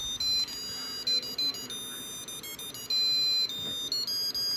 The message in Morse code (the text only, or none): none